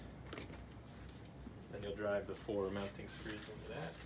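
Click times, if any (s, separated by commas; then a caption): 0.3 s. A CNC-cut wooden piece with a notch along its underside, the notch with two holes facing the rear, is pressed onto the frame of a composting toilet. It gives a short, sharp snap at 0.3 s as it seats into place, and then someone talks.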